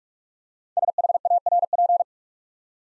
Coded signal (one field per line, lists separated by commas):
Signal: Morse code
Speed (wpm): 44 wpm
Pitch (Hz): 700 Hz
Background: none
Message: SHARP